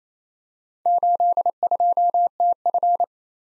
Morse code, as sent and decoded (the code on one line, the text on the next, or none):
---.. ..--- - ..-.
82TF